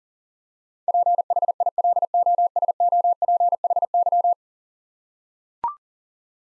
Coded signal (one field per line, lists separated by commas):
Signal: Morse code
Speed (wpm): 37 wpm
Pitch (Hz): 700 Hz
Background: none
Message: PHILOSOPHY